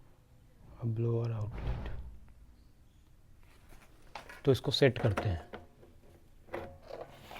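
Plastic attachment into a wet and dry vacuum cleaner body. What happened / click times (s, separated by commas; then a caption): The plastic part is being handled and has not locked home yet / none. A plastic attachment is being handled against the body of an AGARO Ace 1600 Watts wet and dry vacuum cleaner, to be fitted and locked, possibly at the dust barrel lock. Someone talks, with a few faint knocks and brief handling sounds between the words. Nothing has seated or clicked yet.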